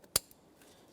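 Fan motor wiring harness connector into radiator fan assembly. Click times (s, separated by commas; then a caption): 0.2 s. A plastic fan motor wiring harness connector on one side of the dual radiator and condenser fan assembly of a 2015-2019 Subaru Outback 2.5L H4 is lined up and pressed in by hand. A single sharp, bright click sounds at 0.2 s, with faint ticks around it and quiet background afterward. The connector is latched and seated.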